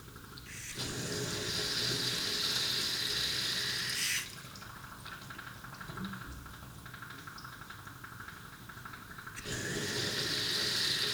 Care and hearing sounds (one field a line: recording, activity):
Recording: daily activity, guitar pickup as the sensor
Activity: flush